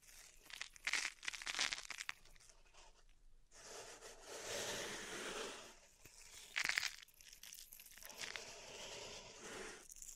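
Pink salt in a zen garden is raked and scratched, giving a dry, gritty crunching and crinkling. Sharp bursts come near the start and again around six and a half seconds, separated by a brief pause and longer, smoother swishing stretches.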